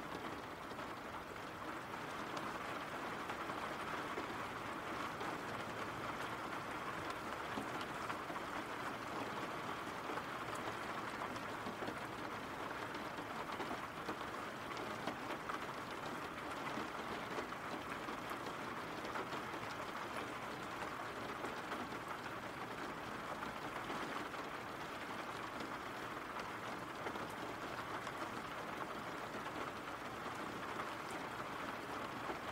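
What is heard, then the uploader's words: Rain falls in a steady, dense hiss that holds the same level for the whole half minute. The sound sits mostly in the middle and upper range, with a faint low rumble underneath and no separate drops or breaks standing out. RAIN SOUNDS.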